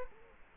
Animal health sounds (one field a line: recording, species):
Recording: mosquito wingbeat signal from an infrared sensor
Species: Culex quinquefasciatus